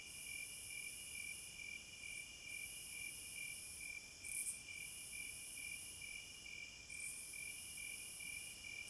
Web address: Sleep Sounds of Nature CRICKETS Midnight Serenade